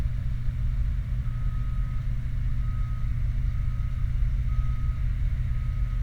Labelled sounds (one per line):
truck